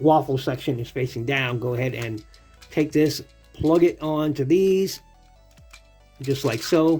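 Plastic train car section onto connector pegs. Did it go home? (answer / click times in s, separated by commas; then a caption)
no / none. A plastic train car section of a Super Train Robot DF4B Robo toy is handled with its waffle section facing down, ready to be plugged onto connector pegs to join another section, while someone talks over background music. Faint handling taps come near 5.6 and 5.7 seconds, but nothing has clicked or seated yet.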